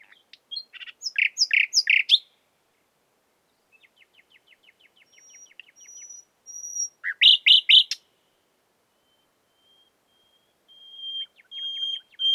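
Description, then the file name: Common nightingale delivering loud rapid chirps, a soft clicking series, a high thin whistle, another strong chirp burst and a faint whistled phrase at the end. "Luscinia megarhynchos"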